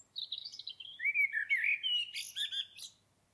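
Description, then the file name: Common blackbird song: one continuous phrase of mellow, wavering whistles that rise and fall, then break into a squeaky, chattering flourish at the end. "Turdus merula"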